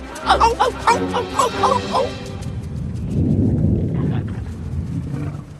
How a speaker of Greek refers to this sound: Πες μου ότι αυτό ήταν το στομάχι σου. Είμαι σίγουρος ότι ήταν κεραυνός. Όμως έρχεται από τη γη.